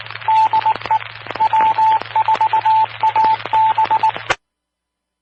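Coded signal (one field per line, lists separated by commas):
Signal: Morse code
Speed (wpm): 19 wpm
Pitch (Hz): 880 Hz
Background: radio noise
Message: DE W4AB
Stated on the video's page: Fort Lauderdale area amateur repeaters during Hurricane Irma.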